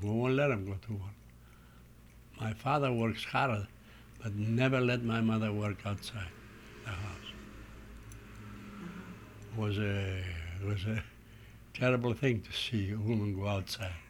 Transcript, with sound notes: We wouldn't let them go to work. My father works harder, but never let my mother work outside the house. ( traffic noises can be heard in the background on the tape ) It was a terrible thing to see a woman go outside.